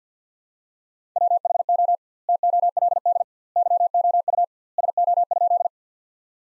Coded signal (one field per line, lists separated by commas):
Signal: Morse code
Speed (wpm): 50 wpm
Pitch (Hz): 700 Hz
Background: none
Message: WHO TOLD YOU SO?